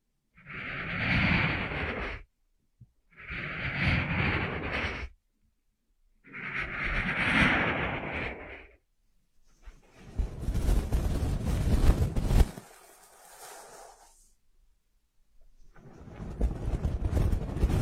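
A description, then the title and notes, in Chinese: Muffled ear massage: three even rubbing strokes of about two seconds each, separated by brief silences. Near the ten-second mark the sound turns denser and brighter, a crackly rustle lasting about four seconds, and another rub starts near the end. 按摩耳朵，一些让人放松的声音。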